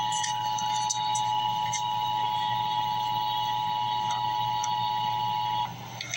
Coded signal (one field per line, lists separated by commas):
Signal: Emergency Alert System (SAME) tones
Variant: 853 and 960 Hz attention tone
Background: speech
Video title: Emergency Alert System - Tornado Watch - Apr 17, 2024 at 12:20 PM EDT